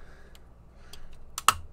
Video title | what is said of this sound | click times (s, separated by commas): Agora models 1/16 scale Leopard 2A6 Main Battle Tank partwork kit pack 1 build stages 1 through 8. | ah yeah it's it it's a it it snaps into place very tightly | 1.4 s, 1.5 s